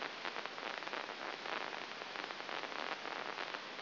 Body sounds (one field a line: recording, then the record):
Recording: brain microelectrode recording played as sound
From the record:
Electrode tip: inside the subthalamic nucleus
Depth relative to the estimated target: 0 mm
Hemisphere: right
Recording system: AlphaMap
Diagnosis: Parkinson's disease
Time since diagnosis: 11 years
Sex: female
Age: 60 years